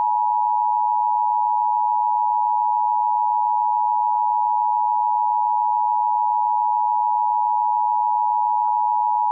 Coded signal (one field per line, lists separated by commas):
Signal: Emergency Alert System (SAME) tones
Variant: 853 and 960 Hz attention tone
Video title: EAS Mock #39 : Spades Lightning